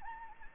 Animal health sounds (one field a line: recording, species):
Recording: mosquito wingbeat signal from an infrared sensor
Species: Anopheles gambiae